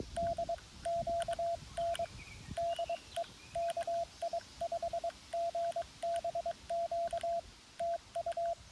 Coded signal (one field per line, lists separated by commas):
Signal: Morse code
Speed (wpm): 22 wpm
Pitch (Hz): 690 Hz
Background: radio noise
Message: D QN DE KI5GBQ TU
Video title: Wednesday Afternoon Morse Code POTA Activation